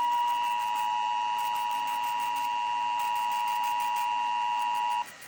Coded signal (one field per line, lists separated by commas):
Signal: Emergency Alert System (SAME) tones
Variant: 853 and 960 Hz attention tone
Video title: #RequiredmonthlyTest #RMT #EAS #Tone #alert Advertencia ⚠️ Estos tonos son reales